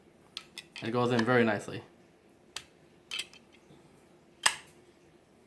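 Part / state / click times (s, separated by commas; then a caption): battery door onto vape mod body / seated / 4.5 s. Someone talks while fitting the battery door back onto a Think Vape Finder 167 dual-battery vape mod; the door is held by two magnets and a small side clip. A few light clicks and taps sound as it is positioned, then the door snaps sharply into place at 4.5 s, locking in with no wiggle.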